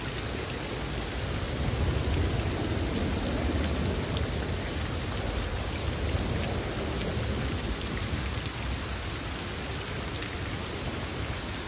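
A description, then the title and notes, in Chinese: Steady, dense rain falls throughout, a constant hiss with fine scattered drop impacts on surfaces. A low rumble sits underneath, swelling slightly around the second to fourth seconds like thunder, then settling back into the even downpour. ASMR,雷雨聲。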